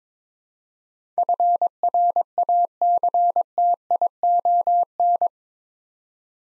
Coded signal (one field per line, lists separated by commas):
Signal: Morse code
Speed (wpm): 22 wpm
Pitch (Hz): 700 Hz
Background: none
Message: FRACTION